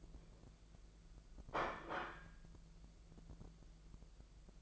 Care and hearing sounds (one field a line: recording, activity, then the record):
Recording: daily activity, microphone in the room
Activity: place plate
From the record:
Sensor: 5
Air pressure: 1015.2 hPa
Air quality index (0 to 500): 205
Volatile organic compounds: 10 ppm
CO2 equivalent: 2247 ppm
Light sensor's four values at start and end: 53/125/51/52 and 52/123/50/51